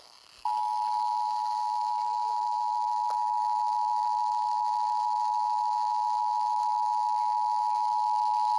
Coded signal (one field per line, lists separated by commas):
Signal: Emergency Alert System (SAME) tones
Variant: 853 and 960 Hz attention tone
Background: speech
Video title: NJ Required Monthly Test on WHTZ-FM [EAS #1,678]